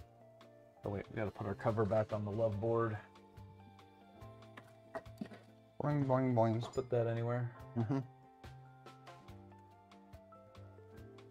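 A plastic cover is being refitted over the electronics board housing of a Prusa 3D printer during an MK3S to MK4 upgrade, with music playing while someone talks. Only a few faint handling taps are heard, and nothing has seated or clicked yet.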